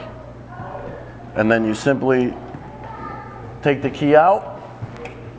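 Someone talks while handling the T-handle lock on a metal vending machine door as the key is taken out, with a brief tap near 5.1 s. Nothing has seated or clicked yet; the lock has not been pushed back in.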